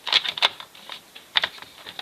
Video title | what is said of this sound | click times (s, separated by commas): Review: The New 2012 Nerf Elite Hail-Fire Unboxing and Demo | they should snap right into place click click you can see that there | 1.4 s